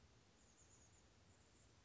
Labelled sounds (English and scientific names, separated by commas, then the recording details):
Chestnut-backed Chickadee (Poecile rufescens)
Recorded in Sonoma County, California